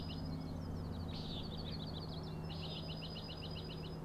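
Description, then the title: Common nighthawk rattles: a choppy pulsed series, a brief whooshing burst, then an even run of rapid clicks, over a low hum. Three birds giving peenting calls and rattling noises at 4am on 16 June 2017, Schoodic Head overlook, Acadia National Park, Winter Harbor, Maine; flying closely following each other, passing near the recordist. "Common Nighthawks, Schoodic Head 061617 4am"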